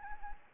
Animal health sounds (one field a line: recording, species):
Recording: mosquito wingbeat signal from an infrared sensor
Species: Anopheles gambiae